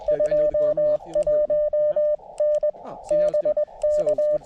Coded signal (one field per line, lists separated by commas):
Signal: Morse code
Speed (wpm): 20 wpm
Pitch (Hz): 590 Hz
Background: speech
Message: 21N BK